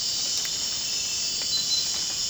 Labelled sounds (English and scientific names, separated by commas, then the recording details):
none
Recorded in dense forest near Puerto Asís, Putumayo, Colombia, on 25 June 2025 at 00:30
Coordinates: 0.499, -76.324
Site G100